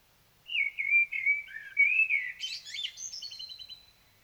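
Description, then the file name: Common blackbird singing a mellow, whistled warble of several notes that ends in a thin, high, scratchy twitter. "Turdus merula"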